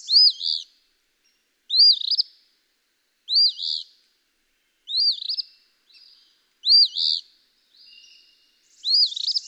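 Eastern phoebe song, a burry two-part phrase repeated about every one and a half to two seconds, with some softer buzzy notes between phrases.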